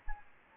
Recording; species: mosquito wingbeat signal from an infrared sensor; Anopheles gambiae